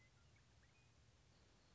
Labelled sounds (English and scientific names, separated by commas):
Western Meadowlark (Sturnella neglecta)